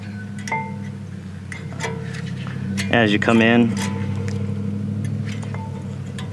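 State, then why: Not seated. A front brake pad with its wear-sensor spring, placed on the inboard side, is brought in and pushed into the caliper bracket clips on a 2011–2017 Honda Odyssey, with a few short taps over a steady low hum while someone talks. The clip ends before the pad goes home, so nothing has seated or clicked yet.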